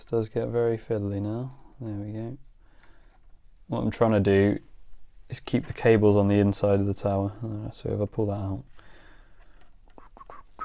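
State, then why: Not seated. Someone talks while fiddling with a plastic tower section piece on the frame of a plastic HO-scale fairground tower model kit, pulling it out to keep the cables on the inside of the tower. Faint handling ticks come near the end, around 9.9 to 10.3 seconds. The piece is only being handled, and nothing has seated or clicked into place yet.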